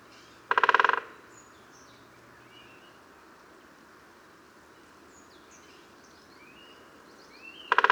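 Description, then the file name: Great spotted woodpecker giving a brief, rapid drum roll, then another starting at the end, while small birds call faintly in the background. "Great Spotted Woodpecker Dendrocopos major"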